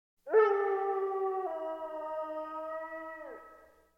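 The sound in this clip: Coyote giving one long howl that starts with a quick rise, holds a steady, slightly falling tone, then drops away at the end, in otherwise silent surroundings.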